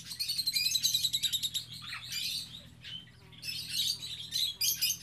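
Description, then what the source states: Several birds chirping and twittering together in dense high bursts, a brief lull midway, then more overlapping chatter. Birds in an aviary on Spetses.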